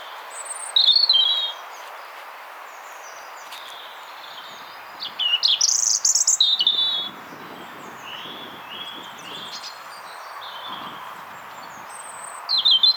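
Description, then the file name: European robin singing short high, sweet phrases of whistles and trills, separated by pauses of a few seconds, with constant background hiss and faint low rustling. "Erithacus rubecula"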